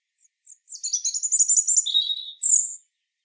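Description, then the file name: European robin song phrase: a rapid, thin trill that drops into a lower sweet warble, ending on one sharp high whistled note. "Erithacus rubecula"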